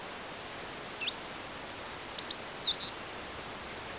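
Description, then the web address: Eurasian wren delivering a lively high-pitched phrase: sliding whistles, a rapid trill, then a tumbling series of sharp chirps and twitters for about three seconds; light hiss. "SETE data Troglodytes troglodytes"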